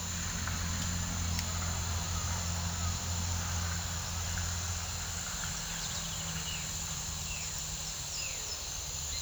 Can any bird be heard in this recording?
yes